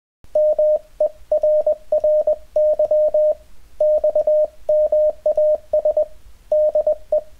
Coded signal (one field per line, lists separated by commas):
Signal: Morse code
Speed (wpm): 20 wpm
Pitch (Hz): 610 Hz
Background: none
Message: MERRY XMAS DE